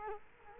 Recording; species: mosquito wingbeat signal from an infrared sensor; Culex quinquefasciatus